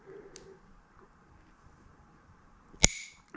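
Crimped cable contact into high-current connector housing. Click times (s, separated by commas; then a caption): 2.8 s. While installing a power inverter in a Tesla Model Y, the crimped metal contact of the red positive cable is pushed into the plus side of a plastic Anderson-style high-current connector housing against a low, steady background hum. A sharp, bright click rings out at 2.8 s as the contact seats and locks firmly in the housing.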